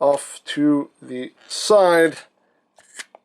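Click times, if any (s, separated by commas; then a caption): 3.1 s. Someone talks as a small plastic release switch on a figure is slid to the side to undo the slider lock. A short, faint click sounds at 3.2 s as the switch clicks open and releases the slider.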